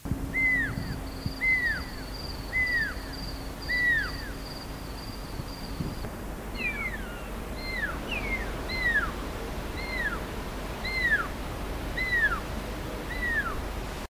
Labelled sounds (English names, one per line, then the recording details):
Pearl-spotted Owlet call
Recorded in the wild
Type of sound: call
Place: Etosha National Park, Etosha-Pfanne, Oshikoto
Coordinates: -18.8565, 16.3329
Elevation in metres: 1087
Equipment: Halbspur, 9,5 cm/s
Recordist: Lütgens, Hans
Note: Rufe